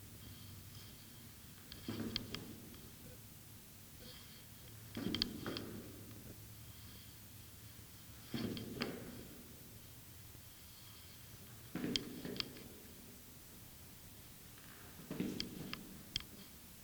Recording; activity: daily activity, guitar pickup as the sensor; go downstairs